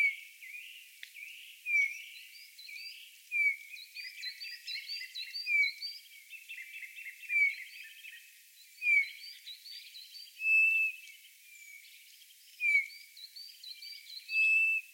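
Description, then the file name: Eurasian bullfinch giving soft, slightly falling piped whistles, repeated irregularly every one to two seconds, with a background of twittering and chirping from other birds. "Pyrrhula pyrrhula"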